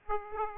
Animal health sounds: mosquito wingbeat signal from an infrared sensor; Aedes aegypti

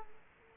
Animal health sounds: mosquito wingbeat signal from an infrared sensor; Aedes aegypti

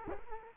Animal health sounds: mosquito wingbeat signal from an infrared sensor; Culex quinquefasciatus

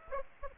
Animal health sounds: mosquito wingbeat signal from an infrared sensor; Aedes aegypti

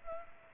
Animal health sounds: mosquito wingbeat signal from an infrared sensor; Culex pipiens

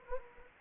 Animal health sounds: mosquito wingbeat signal from an infrared sensor; Anopheles gambiae

